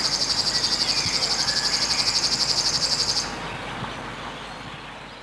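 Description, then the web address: River warbler song: a rapid, regular, insect-like buzzing reel lasting about three seconds, then breaking off, leaving faint background sound. Recorded in spring. "vremena vesna 19 rechnoi sverchok"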